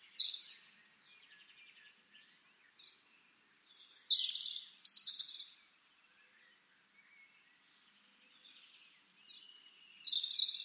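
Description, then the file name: European robin singing high, sweet warbled phrases separated by pauses, with quiet twittering in between and a faint background hiss. "Erithacus rubecula"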